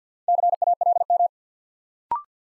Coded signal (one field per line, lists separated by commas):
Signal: Morse code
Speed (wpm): 50 wpm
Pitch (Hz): 700 Hz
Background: none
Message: CALM